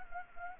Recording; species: mosquito wingbeat signal from an infrared sensor; Anopheles arabiensis